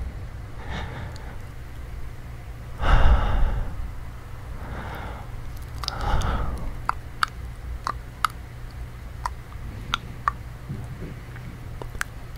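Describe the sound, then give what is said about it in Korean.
ASMR ear-licking mouth sounds with breathing mixed in: two soft breathy swells followed by a run of sharp, wet clicks and smacks at an uneven pace over a low steady hum, with no talking. “좀더 흥분하기 위해 귀를 핥아주면 돼. 먼저 내가 해줄게.”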